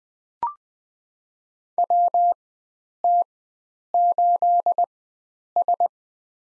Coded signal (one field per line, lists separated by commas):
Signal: Morse code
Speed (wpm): 20 wpm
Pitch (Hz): 700 Hz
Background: none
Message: WT8S